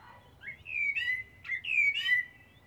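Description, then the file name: Common blackbird singing two quick rich warbled phrases in succession, each fluty and slurred with high scratchy overtones at the end; low hum underneath. "Turdus merula"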